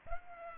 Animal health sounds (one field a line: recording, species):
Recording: mosquito wingbeat signal from an infrared sensor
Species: Culex pipiens